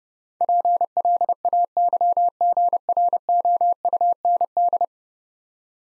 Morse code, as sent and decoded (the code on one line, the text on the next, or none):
.--. .-.. .- -.-- --. .-. --- ..- -. -..
PLAYGROUND